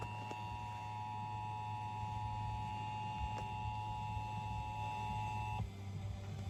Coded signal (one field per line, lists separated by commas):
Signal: Emergency Alert System (SAME) tones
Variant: 853 and 960 Hz attention tone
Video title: Some EAS alerts from the 3/16/26 “Moderate/Level 4” Risk - EAS #1,012-1,020